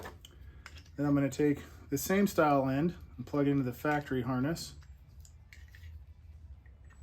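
Someone talks while pushing a plastic tail light adapter pigtail connector toward the factory wiring harness plug on a 392 Rubicon Jeep Wrangler. After the talk, light plastic taps and scrapes are heard at about 5.2 to 5.8 seconds, with one more faint tap near 6.7 seconds. The connector is the wrong way round and will not plug in, so nothing has seated or clicked yet.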